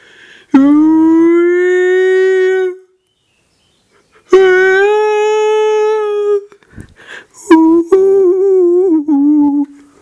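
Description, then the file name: Orangutan song: two drawn-out, gently rising tonal notes of about two seconds each, followed by a wavering, broken phrase. Song, 7 July 2013. "130707 Orang utan song"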